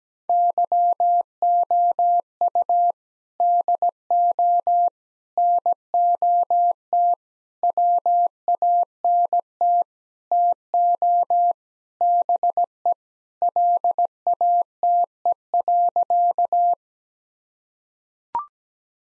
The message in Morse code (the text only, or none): YOU DO NOT WANT TO BE LATE.